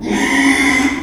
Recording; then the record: squeal of a Yucatan mini pig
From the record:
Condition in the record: after surgery on the right vocal fold (resection and tissue-engineered implant); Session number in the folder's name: 3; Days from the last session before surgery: 33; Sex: male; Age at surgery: 12 weeks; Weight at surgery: 13 kg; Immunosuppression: cyclosporine, prednisolone